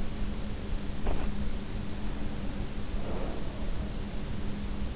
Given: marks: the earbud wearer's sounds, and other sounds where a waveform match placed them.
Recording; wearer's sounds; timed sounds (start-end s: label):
sounds in sleep by an in-ear microphone; breath
0.96-1.42 s: breath
2.90-3.82 s: breath